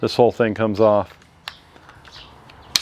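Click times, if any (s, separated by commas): 2.8 s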